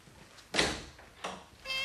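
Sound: door being opened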